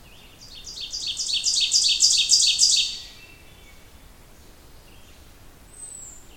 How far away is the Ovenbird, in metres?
about 10 m